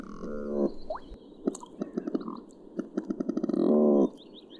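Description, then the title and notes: Smew calls, two short buzzy rattling bursts at the start and near the end, separated by clicks and chatter. "Uivelo. Viikon luontoäänen esitteli Hannu Jännes"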